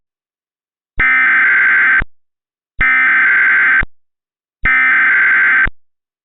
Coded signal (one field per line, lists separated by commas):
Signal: Emergency Alert System (SAME) tones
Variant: header bursts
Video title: EAS Mock: For #PDSContestSubmission